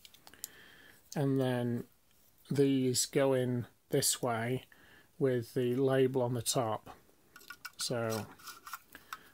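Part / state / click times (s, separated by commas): SFP transceiver module into media converter SFP slot / seated / 9.1 s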